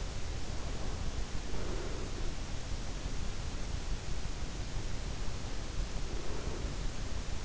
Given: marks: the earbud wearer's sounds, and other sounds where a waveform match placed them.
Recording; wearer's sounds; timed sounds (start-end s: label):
sounds in sleep by an in-ear microphone; breath
1.36-2.75 s: breath
5.92-7.44 s: breath